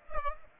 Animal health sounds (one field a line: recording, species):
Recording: mosquito wingbeat signal from an infrared sensor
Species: Aedes aegypti